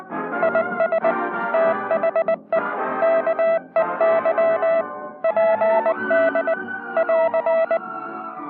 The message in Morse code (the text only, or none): IS THE KEY PD <AR>